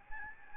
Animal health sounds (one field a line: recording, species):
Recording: mosquito wingbeat signal from an infrared sensor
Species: Aedes albopictus